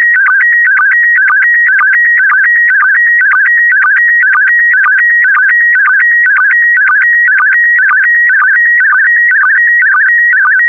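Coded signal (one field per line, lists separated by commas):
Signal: SSTV (slow-scan television)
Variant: PD120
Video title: (08 of 12) Expedition 64 - ARISS Series 17 Twenty Years December 2020 - Retransmission SSTV PD120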